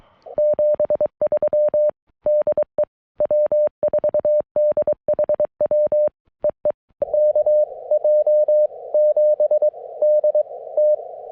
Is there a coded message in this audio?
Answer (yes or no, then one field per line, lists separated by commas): yes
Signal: Morse code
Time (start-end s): 0.4-10.9 s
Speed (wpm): 22 wpm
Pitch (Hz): 590 Hz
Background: none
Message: 73 DE W4DHW EE KJ7DT